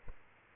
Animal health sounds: mosquito wingbeat signal from an infrared sensor; Culex quinquefasciatus

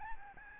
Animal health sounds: mosquito wingbeat signal from an infrared sensor; Aedes albopictus

